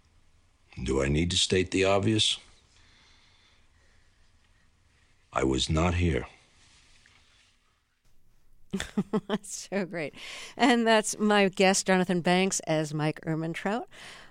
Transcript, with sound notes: do I need to state the obvious? I was not here.
(Laughter) That's so great. And that's my guest, Jonathan Banks, as Mike Ehrmantraut.